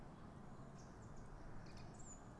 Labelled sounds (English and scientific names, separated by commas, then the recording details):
Song Thrush (Turdus philomelos)
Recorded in Germany
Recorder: ecoPi